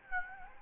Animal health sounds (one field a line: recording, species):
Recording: mosquito wingbeat signal from an infrared sensor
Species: Aedes aegypti